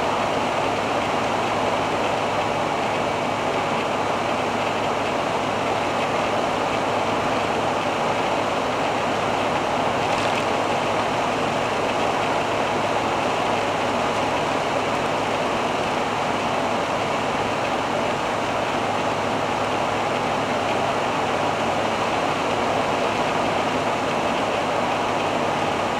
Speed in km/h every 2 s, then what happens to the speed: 95, 95, 94, 95, 95, 95, 95, 95, 94, 94, 94, 93, 92.
0-26 steady at about 95.